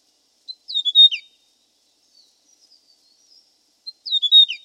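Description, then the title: Hill prinia call, two matching bursts of sharp high chirps with a falling tail, separated by a few faint ticks. "prenjk gnung. Suara burung prenjak gunung"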